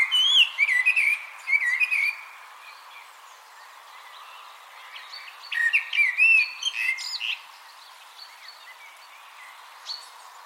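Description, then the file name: Common blackbird song: two mellow fluted warbling phrases ending in thin high squeaky twitters, a pause of several seconds, then more phrases and a faint final note. "Turdus merula"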